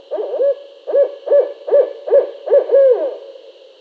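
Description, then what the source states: Barred owl hooting call: a rhythmic series of about eight deep hoots, ending on a longer drawn-out hoot, over a steady high hiss. Recorded on 22 August 2012.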